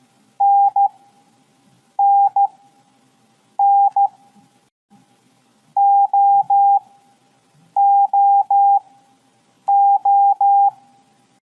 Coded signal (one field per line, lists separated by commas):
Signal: Morse code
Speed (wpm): 13 wpm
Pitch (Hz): 800 Hz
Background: none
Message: NNN OOO